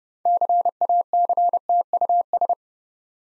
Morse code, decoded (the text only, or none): CACTUS